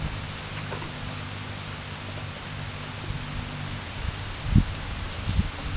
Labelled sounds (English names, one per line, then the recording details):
none
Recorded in pastures near Puerto Asís, Putumayo, Colombia, on 21 March 2025 at 12:30
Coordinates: 0.497, -76.327
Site G072